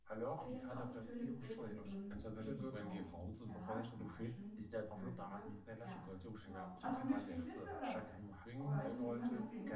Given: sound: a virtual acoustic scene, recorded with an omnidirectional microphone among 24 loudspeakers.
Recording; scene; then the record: noise of the scene; living room, asymmetric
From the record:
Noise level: 67 dB SPL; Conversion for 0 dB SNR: 5.4 dB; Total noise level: 72.4 dB SPL